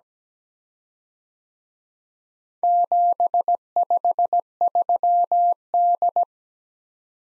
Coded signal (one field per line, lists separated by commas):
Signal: Morse code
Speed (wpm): 20 wpm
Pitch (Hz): 700 Hz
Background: none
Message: 753D